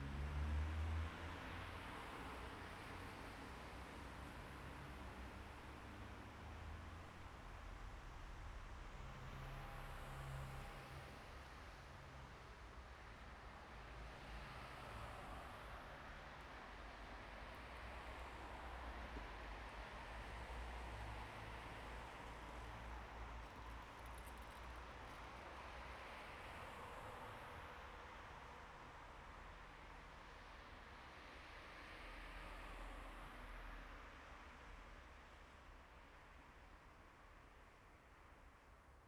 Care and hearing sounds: everyday scene through a hearing-aid microphone; in traffic; traffic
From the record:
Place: bus stop on a city main road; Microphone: behind the ear, right, rear

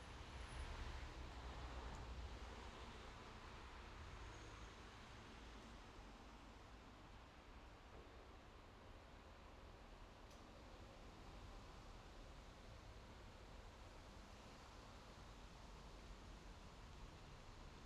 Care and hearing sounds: everyday scene through a hearing-aid microphone; in traffic; traffic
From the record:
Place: main road on the outskirts, rush hour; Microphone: in the ear canal, left

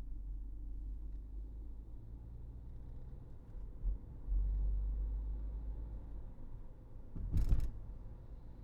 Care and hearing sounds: everyday scene through a hearing-aid microphone; in a vehicle; engine, highway driving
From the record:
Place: Berlingo II, diesel engine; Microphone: behind the ear, right, front

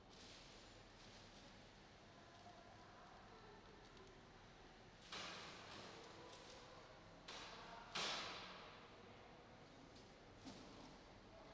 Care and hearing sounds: everyday scene through a hearing-aid microphone; reverberant space; background noise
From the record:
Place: railway station hall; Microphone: in the ear canal, right

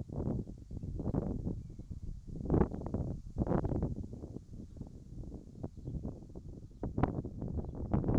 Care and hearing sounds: everyday scene through a hearing-aid microphone; wind on the microphone; wind, whistling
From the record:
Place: in front of a rural house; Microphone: in the ear canal, right

